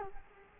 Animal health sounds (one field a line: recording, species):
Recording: mosquito wingbeat signal from an infrared sensor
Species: Culex quinquefasciatus